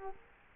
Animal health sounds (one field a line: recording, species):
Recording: mosquito wingbeat signal from an infrared sensor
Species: Culex quinquefasciatus